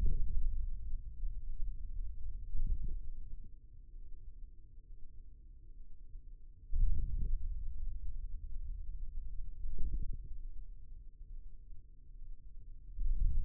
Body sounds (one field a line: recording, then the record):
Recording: forearm muscle sounds (acoustic myography)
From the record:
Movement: hand closing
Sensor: system 2, bracelet of six BSWA MPA416 microphones around the upper forearm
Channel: 4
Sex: male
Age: 22 years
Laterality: right